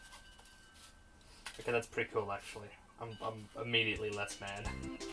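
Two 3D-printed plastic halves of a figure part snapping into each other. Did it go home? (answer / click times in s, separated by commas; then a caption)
yes / 1.5 s. Two 3D-printed plastic halves of a figure part are pressed together until they snap-fit, with a short sharp click at 1.5 s. Right after, someone talks over music. The halves end up seated together.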